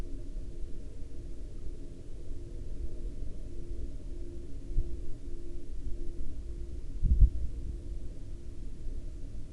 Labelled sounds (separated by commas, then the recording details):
man-made sound
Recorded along the Dalton Highway, Alaska, on 24 October 2019 at 06:44
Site 07